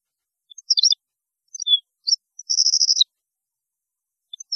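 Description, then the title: European goldfinch giving a few twittering notes, a short descending whistle, then a buzzy trill, followed by faint chirps. "Chant Chardonneret"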